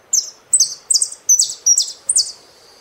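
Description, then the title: Saffron finch song: six loud, bright, high chirped phrases, each a quick double note, repeated at a steady pace. "Jilguero Argentino"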